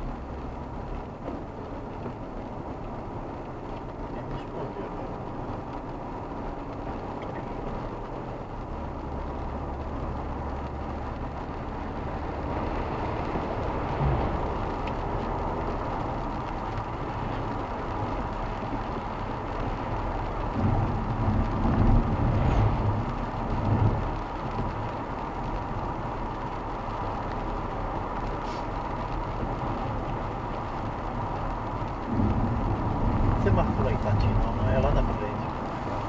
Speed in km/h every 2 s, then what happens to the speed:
67, 70, 73, 76, 78, 81, 87, 92, 91, 92, 87, 89, 90, 94, 96, 96, 94, 96.
0-13 speeds up to 92. 13-21 steady at about 91. 21-28 speeds up to 96. 28-36 steady at about 96.